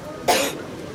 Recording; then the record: coughing mixed with background sound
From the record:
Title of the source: 61 morning phlegmy cough...again